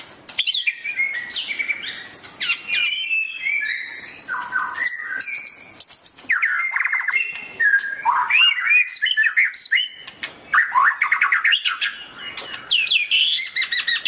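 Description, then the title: Oriental magpie-robin singing a long, varied run of sweet whistles, chirps and rapid repeated notes, phrases changing constantly with brief pauses. "Kicau Kacer"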